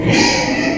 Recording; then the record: squeal of a Yucatan mini pig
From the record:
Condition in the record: before surgery on the right vocal fold (resection and tissue-engineered implant); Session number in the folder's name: 2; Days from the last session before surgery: 0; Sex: male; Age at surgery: 12 weeks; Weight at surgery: 13 kg